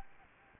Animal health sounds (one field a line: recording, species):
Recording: mosquito wingbeat signal from an infrared sensor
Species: Aedes aegypti